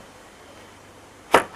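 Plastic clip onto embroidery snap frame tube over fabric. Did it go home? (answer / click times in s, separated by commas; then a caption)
yes / 1.3 s. A plastic snap-on clip is pressed down over thick embroidery fabric onto the tube of an embroidery snap frame. After quiet low background, one short, muted snap comes at 1.4 s, softened by the thick fabric. The clip ends up seated and secure on the frame tube.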